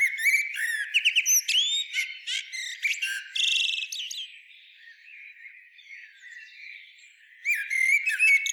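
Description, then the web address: Common blackbird song: rapid, busy chatter of clicks, squeaks and buzzy notes, easing into a quiet pause, then another burst near the end. "SETE Turdus merula"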